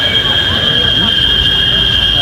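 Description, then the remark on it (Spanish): A chorus of cicadas from the town of Tejutepeque, sent in as a voicemail, drones in a loud, steady, high-pitched buzz, several overlapping tones holding constant without pause, over a low background rumble. “Y ahí mezcladas ya, ya se hizo el coro.”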